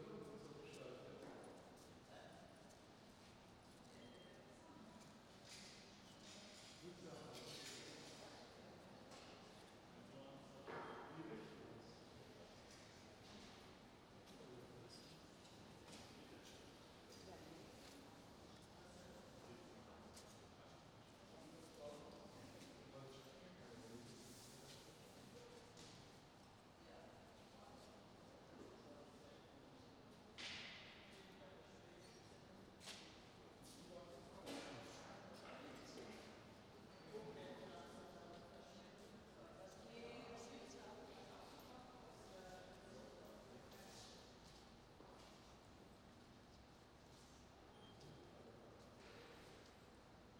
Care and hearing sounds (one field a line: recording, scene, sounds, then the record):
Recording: everyday scene through a hearing-aid microphone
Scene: reverberant space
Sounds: background noise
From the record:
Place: railway station hall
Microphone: in the ear canal, right